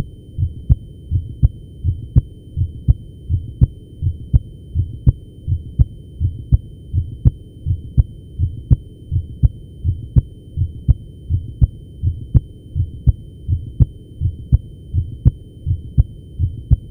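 Steady, regular low thumps come at about 82 beats a minute over a faint constant hum: basic, normal first and second heart sounds of an adult, heard with a stethoscope over the base of the heart, with no added sounds.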